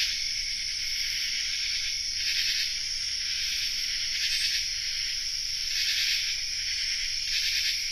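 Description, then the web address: Common true katydids in a dense chorus, raspy pulsed calls overlapping in a steady high buzz with brighter bursts every second or two. Chorus; North America. "Songs of Insects. Common True Katydid chorus"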